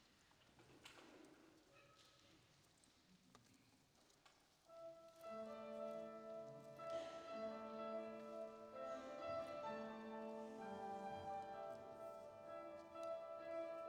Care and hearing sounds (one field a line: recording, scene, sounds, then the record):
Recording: everyday scene through a hearing-aid microphone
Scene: reverberant space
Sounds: music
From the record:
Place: church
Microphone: in the ear canal, right